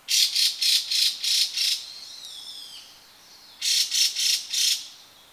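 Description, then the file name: Chinese hwamei uttering a run of six harsh, scratchy notes, then a faint falling whistle, followed by four more rasping notes. "gabicho"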